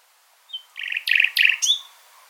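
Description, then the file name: Common nightingale song phrase: a brief whistle, then loud rapid trilled bursts of repeated notes ending in a rising whistled note. "Luscinia megarhynchos"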